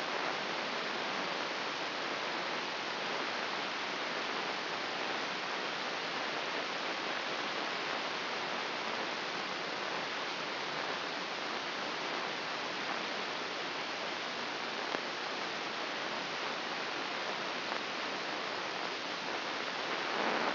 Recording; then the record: brain microelectrode recording played as sound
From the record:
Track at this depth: inside the subthalamic nucleus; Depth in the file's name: 3.921 mm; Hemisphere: left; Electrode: 3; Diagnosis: Parkinson's disease